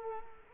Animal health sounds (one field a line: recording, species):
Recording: mosquito wingbeat signal from an infrared sensor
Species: Culex quinquefasciatus